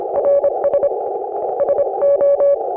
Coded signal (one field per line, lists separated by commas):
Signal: Morse code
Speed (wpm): 26 wpm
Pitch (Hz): 560 Hz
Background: none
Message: RS SO